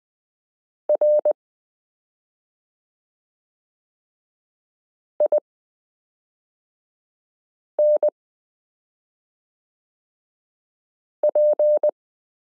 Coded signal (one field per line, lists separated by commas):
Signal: Morse code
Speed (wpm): 20 wpm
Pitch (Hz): 600 Hz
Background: none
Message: RINP